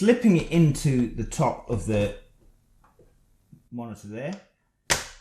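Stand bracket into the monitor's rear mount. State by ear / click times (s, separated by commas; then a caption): seated / 4.9 s. Someone talks while the top bracket of the stand for a BenQ SW270C 2K monitor is slotted into the mount on the back of the monitor and dropped down. A single sharp, loud click at 4.9 s marks the bracket locking into place, and the stand is seated.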